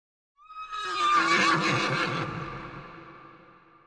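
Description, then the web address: Horse whinnying: a single long, quavering neigh that slowly fades away. Whinny described as eerie. "eerie horse whiney"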